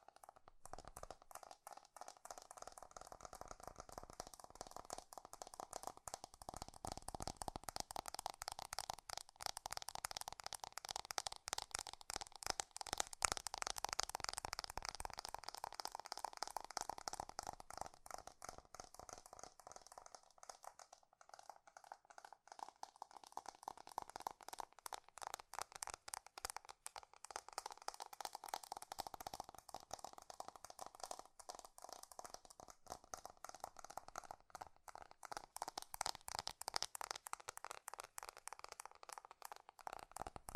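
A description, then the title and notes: Fast tapping runs throughout in dense, rapid bursts with a crisp, rattling, crinkly texture, swelling and easing slightly but never stopping. ASMR 3D Fast Tapping.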